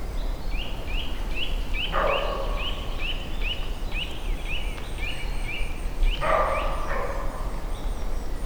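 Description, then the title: Roe deer barking: two harsh, hoarse barks about four seconds apart, while a small bird repeats short high chirping notes throughout, over steady low background rumble. Single startled roe deer giving fright barks, Weinschnait near Neuffen, Germany; recorded with a Sony PCM-D50 recorder. "Weinschnait, Neuffen, Deutschland - barking roe deer"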